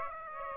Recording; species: mosquito wingbeat signal from an infrared sensor; Aedes aegypti